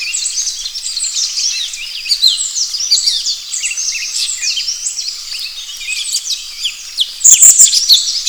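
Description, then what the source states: Vernal hanging parrot calls: high, thin squeaky chirps in rapid, overlapping twitters throughout, with a few louder sharp notes near the end. Nominate subspecies vernalis.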